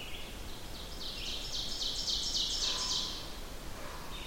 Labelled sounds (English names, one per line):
Ovenbird song